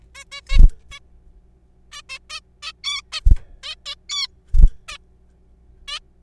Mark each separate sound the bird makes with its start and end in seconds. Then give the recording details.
0.15-0.24, 0.32-0.41, 0.49-0.58, 0.91-0.99, 1.92-2.02, 2.09-2.18, 2.30-2.40, 2.63-2.72, 2.84-3.01, 3.12-3.20, 3.63-3.75, 3.86-3.95, 4.09-4.27, 4.88-4.97, 5.88-5.99. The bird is a juvenile. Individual R3428